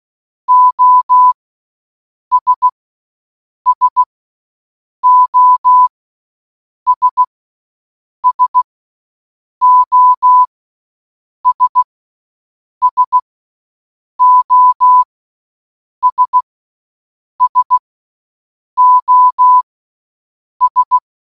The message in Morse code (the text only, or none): OS SOS SOS SOS SOS